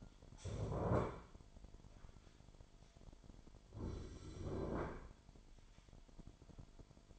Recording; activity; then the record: daily activity, microphone in the room; stand up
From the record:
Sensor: 5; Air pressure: 998.6 hPa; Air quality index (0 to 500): 92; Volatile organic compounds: 2 ppm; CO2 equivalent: 1052 ppm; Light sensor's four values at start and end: 33/79/33/37 and 33/79/33/37